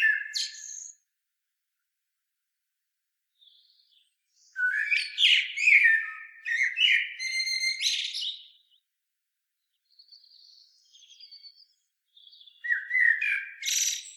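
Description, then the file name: Common blackbird singing mellow fluting phrases that break into high scratchy twitters, with quiet gaps between phrases and soft high notes in the pauses. "Turdus merula"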